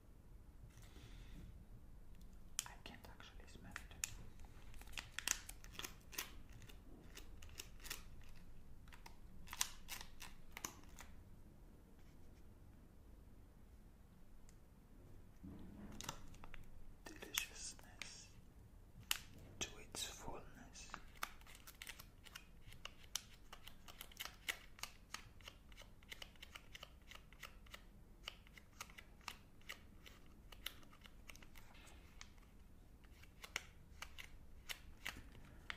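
Unwrapping and eating a Magnum chocolate ice cream: dense, irregular crinkling and crackling of the wrapper runs throughout, with sharp crisp snaps and clicks every second or so. Around 16 and 19 seconds come louder rustling bursts, with a low steady hum underneath.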